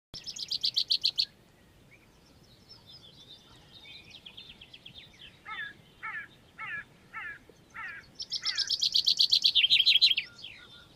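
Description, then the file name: Common chaffinch song: loud, fast trills of rapid repeated notes at the start and near the end, with a row of lower, evenly spaced notes between. "Fringilla coelebs"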